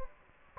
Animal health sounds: mosquito wingbeat signal from an infrared sensor; Anopheles gambiae

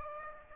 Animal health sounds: mosquito wingbeat signal from an infrared sensor; Aedes aegypti

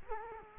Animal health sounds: mosquito wingbeat signal from an infrared sensor; Culex quinquefasciatus

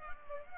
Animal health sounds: mosquito wingbeat signal from an infrared sensor; Culex pipiens

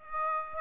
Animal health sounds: mosquito wingbeat signal from an infrared sensor; Aedes aegypti

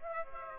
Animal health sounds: mosquito wingbeat signal from an infrared sensor; Aedes aegypti

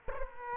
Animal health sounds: mosquito wingbeat signal from an infrared sensor; Culex quinquefasciatus

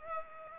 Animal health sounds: mosquito wingbeat signal from an infrared sensor; Culex pipiens

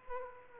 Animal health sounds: mosquito wingbeat signal from an infrared sensor; Aedes aegypti

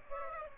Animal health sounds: mosquito wingbeat signal from an infrared sensor; Aedes aegypti

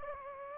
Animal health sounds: mosquito wingbeat signal from an infrared sensor; Anopheles gambiae

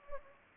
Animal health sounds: mosquito wingbeat signal from an infrared sensor; Anopheles gambiae

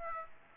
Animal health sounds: mosquito wingbeat signal from an infrared sensor; Aedes aegypti

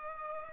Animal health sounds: mosquito wingbeat signal from an infrared sensor; Culex pipiens

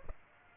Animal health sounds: mosquito wingbeat signal from an infrared sensor; Aedes aegypti

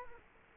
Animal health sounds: mosquito wingbeat signal from an infrared sensor; Culex quinquefasciatus

